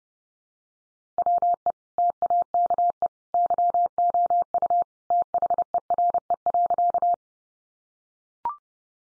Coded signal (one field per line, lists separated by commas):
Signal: Morse code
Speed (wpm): 30 wpm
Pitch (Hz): 700 Hz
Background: none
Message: WE TAKE YOU THERE.